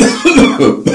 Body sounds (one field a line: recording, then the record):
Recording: coughing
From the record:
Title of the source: Spring Cold Coughing.